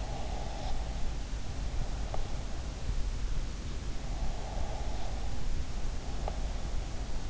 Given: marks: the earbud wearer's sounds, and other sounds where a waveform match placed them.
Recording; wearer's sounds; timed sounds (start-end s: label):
sounds in sleep by an in-ear microphone; breath
0.00-2.34 s: breath
4.30-6.42 s: breath